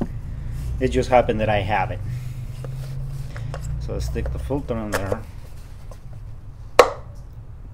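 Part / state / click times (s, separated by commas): oil filter element into oil filter housing cap / seated / 6.8 s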